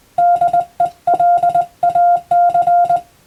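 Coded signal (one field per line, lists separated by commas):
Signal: Morse code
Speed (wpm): 20 wpm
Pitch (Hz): 700 Hz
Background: music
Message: DELAC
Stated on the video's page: Morse reception practice for Japanese radiotelegraph operator exam, using European-language telegram practice texts.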